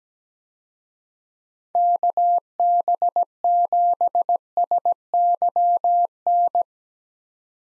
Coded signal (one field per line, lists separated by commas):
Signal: Morse code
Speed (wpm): 17 wpm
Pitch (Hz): 700 Hz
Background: none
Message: KB7SYN